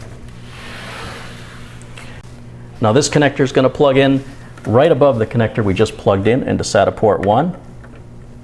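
A SATA data cable connector is handled toward a motherboard SATA port, lined up just above the connector already plugged into SATA port one, while someone talks over a low steady hum. A few faint ticks of handling occur around 1.8, 2.0 and 7.8 seconds. Nothing has seated or clicked yet; the connector's latching clip has not clicked into place.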